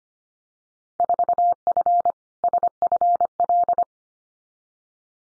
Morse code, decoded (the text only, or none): 4F SFL